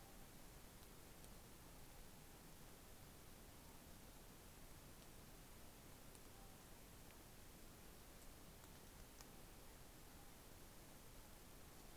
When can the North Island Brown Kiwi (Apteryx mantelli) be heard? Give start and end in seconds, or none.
none